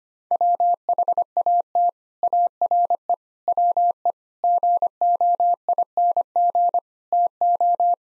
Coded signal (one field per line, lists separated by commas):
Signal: Morse code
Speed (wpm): 25 wpm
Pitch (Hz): 700 Hz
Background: none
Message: WHAT ARE WE GOING TO